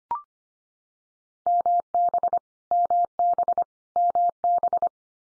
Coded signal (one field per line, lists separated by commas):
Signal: Morse code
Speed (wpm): 25 wpm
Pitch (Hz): 700 Hz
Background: none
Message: MB MB MB